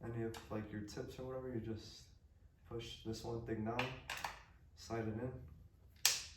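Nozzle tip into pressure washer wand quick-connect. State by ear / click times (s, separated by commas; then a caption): seated / 6.1 s. Someone talks while pushing down the quick-connect collar on a Craftsman 1900 psi pressure washer wand and sliding a plastic and metal nozzle tip in. A sharp click at 6.1 s marks the tip seating and locking in place so it won't come out.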